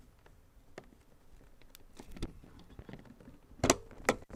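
A RAM stick (DIMM) is pushed into a motherboard memory slot until the plastic retention latches snap shut, and the module is confirmed seated. Faint scrapes and small ticks come as it slides in, followed by sharp clicks at 3.6 s, 3.7 s and 4.1 s as it locks into place.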